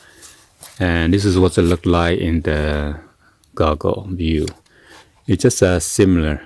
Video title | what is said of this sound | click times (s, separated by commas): In Depth Full Review AIRHOGS FPV RC VR Race Car +Video Clips & Photos!! 4 10 18 | it, and then hear the snap. And | 0.6 s